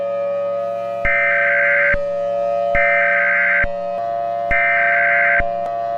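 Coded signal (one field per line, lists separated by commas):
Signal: Emergency Alert System (SAME) tones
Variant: header bursts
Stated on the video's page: Fictional EAS scenarios, simulated alerts.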